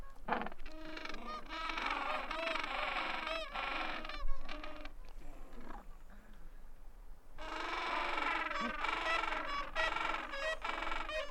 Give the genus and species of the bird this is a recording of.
Pygoscelis papua